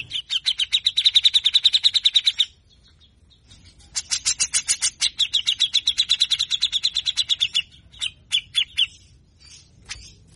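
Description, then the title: Grey-cheeked bulbul with a long, fast chattering series of repeated harsh notes, a pause, another extended burst, then several spaced sharp chips. Long-duration harsh 'besetan' chattering, said to stimulate a grey-cheeked bulbul's song and emotion so it soon sings well; training recording. "CUCAK JENGGOT GACOR FULL BESETAN KASAR DURASI PANJANG"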